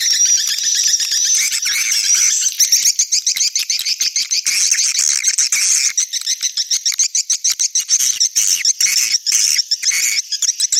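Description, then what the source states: Swiftlets twittering: a dense, continuous chorus of high, rapid chirps and buzzy trills, becoming more pulsed toward the end. Swiftlet farming in Asia.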